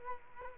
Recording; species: mosquito wingbeat signal from an infrared sensor; Culex quinquefasciatus